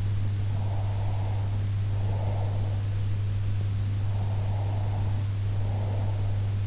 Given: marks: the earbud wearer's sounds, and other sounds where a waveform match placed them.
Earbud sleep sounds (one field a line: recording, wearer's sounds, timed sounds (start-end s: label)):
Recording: sounds in sleep by an in-ear microphone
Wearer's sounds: breath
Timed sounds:
0.55-2.75 s: breath
4.09-6.58 s: breath